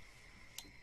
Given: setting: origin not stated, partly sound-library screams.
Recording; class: one-second piece from a danger detection set; normal situation